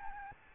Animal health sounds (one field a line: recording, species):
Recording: mosquito wingbeat signal from an infrared sensor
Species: Aedes albopictus